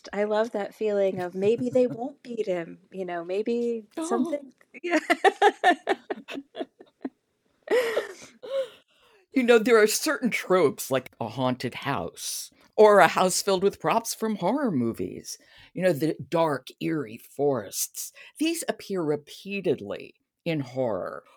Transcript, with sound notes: I love that feeling of "Maybe they won't beat him," you know, maybe something… [laughs]
You know, there are certain tropes, like a haunted house or a house filled with props from horror movies and dark eerie forests--these appear repeatedly in horror.